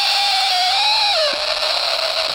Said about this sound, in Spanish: Esto es la explosión. Uf, qué desvirtuada. Esto ya está un poquito más procesado.